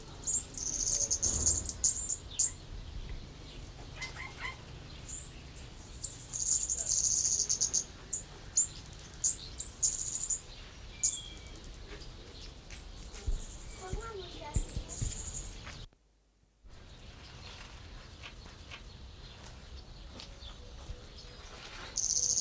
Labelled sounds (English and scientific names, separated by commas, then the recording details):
Yellow-crowned Bishop (Euplectes afer)
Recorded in captivity
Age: adult
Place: Zoo Berlin, Berlin, DE
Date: 1992-06-20 11:39
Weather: wolkig-heiter, 20-24°C
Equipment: Marantz CP 430, Sennheiser ME 80, Kopie Tesla B 116
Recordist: Tembrock, Günter